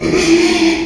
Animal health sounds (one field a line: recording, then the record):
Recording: squeal of a Yucatan mini pig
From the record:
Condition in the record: after surgery on the right vocal fold (resection and tissue-engineered implant)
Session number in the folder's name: 2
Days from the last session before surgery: 13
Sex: male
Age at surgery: 12 weeks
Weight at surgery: 13 kg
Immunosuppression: cyclosporine, prednisolone